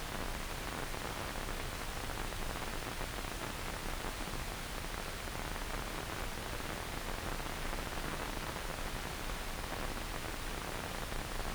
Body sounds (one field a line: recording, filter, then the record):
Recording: brain microelectrode recording played as sound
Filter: wide band, above 20 Hz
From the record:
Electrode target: subthalamic nucleus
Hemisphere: left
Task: reaching with the right hand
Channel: 1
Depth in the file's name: 0.251 mm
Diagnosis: Parkinson's disease